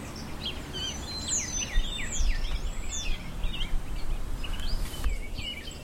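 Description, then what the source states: Red-winged Blackbird song amid a busy chorus of whistled, sweeping and trilled bird notes, with a steady low rumble underneath. From a porch in the country in springtime, around 8 o'clock in the morning.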